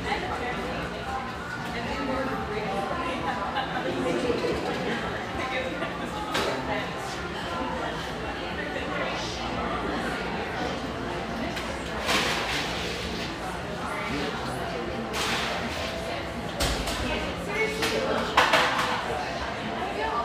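Steady crowd chatter fills a mellow, exposed-brick spot in Overlook, Portland, frequented by railyard staff, with overlapping voices at an even level throughout. Sharp clacks and knocks, like dishes or glasses, cut through every few seconds, especially toward the end.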